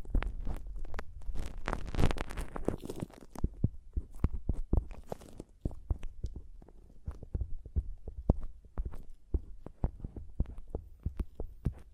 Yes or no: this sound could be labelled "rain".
no